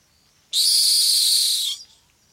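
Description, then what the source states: Rock hyrax giving a single rasping, high screech of just over a second, noisy and sustained, ending abruptly into near silence. Heard in the African savanna at night; the scream is described as one of the weirdest calls there.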